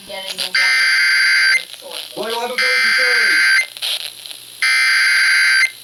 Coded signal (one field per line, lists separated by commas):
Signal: Emergency Alert System (SAME) tones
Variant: header bursts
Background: speech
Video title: GLITCHY GLITCHY... EAS Alerts from 7/18/21 (EAS #5,929 - 5,934)